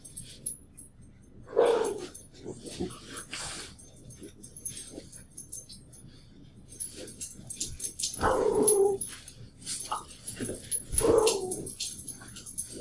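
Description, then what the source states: Dog barking and yipping in three short, sharp outbursts, unevenly spaced. Two dogs playing.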